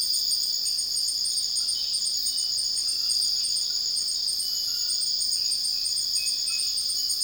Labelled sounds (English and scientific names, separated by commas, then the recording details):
none
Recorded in dense forest near Puerto Asís, Putumayo, Colombia, on 18 February 2024 at 04:30
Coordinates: 0.481, -76.318
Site G6421